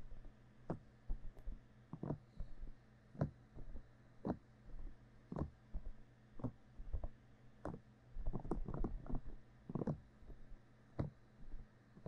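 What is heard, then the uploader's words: Sticky gel ear massage: wet squelching strokes arrive in a steady rhythm about once a second over a low constant hum. 用蘆薈凝膠按摩耳朵. Aloe based gel sticky Earmassage | 3Dio | NoTalking.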